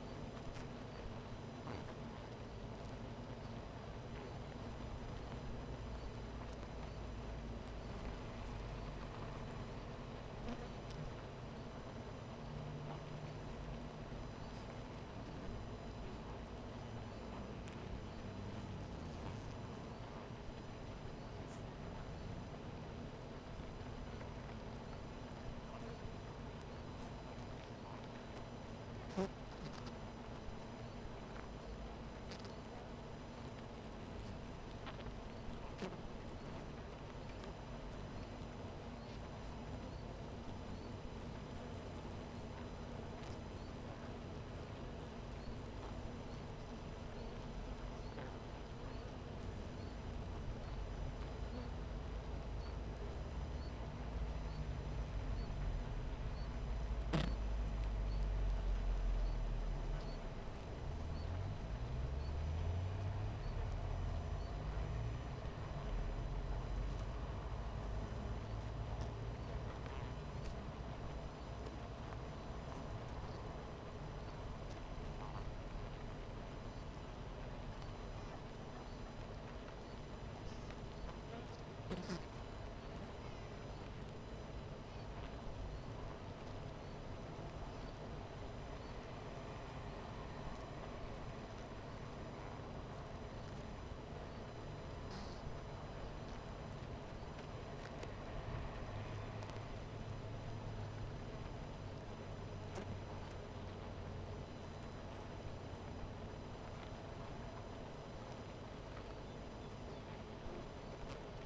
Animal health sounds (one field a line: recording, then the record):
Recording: honeybee colony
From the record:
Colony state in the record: missing queen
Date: 14 July 2017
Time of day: 11:57